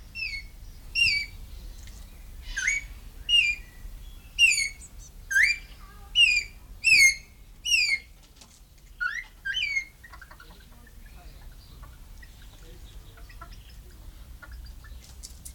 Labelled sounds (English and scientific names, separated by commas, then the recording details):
Greater Vasa Parrot (Coracopsis vasa)
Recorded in captivity
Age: adult
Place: Zoo Berlin, Berlin, DE
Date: 1993-06-05 10:24
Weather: 20-25°C, sonnig
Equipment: Marantz CP 430, Sennheiser ME 80, Kopie Uher Variocord 263
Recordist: Tembrock, Günter